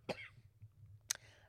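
Two short, sharp coughs about a second apart, each a brief harsh burst, from an adult woman in a quiet room.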